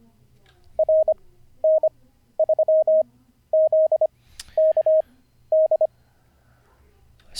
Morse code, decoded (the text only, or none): RN3ZKD